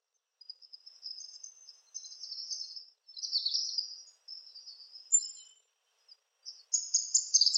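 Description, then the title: Palm tanager song, steady high squeaky twittering phrases, jumbled and chattering, with short breaks between runs. "Sanhaçu-do-coqueiro (Tangara palmarum)"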